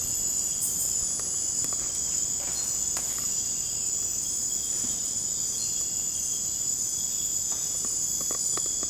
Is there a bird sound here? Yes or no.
no